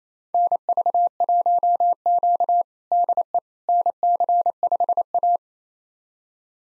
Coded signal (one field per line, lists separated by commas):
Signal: Morse code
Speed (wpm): 27 wpm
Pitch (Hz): 700 Hz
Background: none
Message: NV1Q DE NC5A